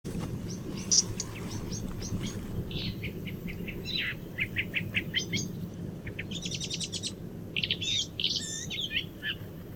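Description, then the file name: Eurasian blackcap singing varied phrases of quick chattering and warbled notes, some high and sharp, in separate bursts over a low continuous rumble. "Sylvia atricapilla"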